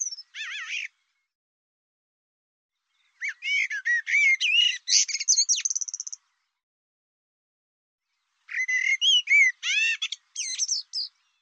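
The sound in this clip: Bird calls in three bursts: a short opening fragment, then a long run of rapid scratchy notes and whistles, then another chattering bout.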